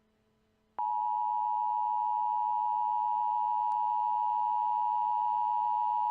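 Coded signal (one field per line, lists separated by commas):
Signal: Emergency Alert System (SAME) tones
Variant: 853 and 960 Hz attention tone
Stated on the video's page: Custom-made EAS alert created for a haunted house attraction, played on a television.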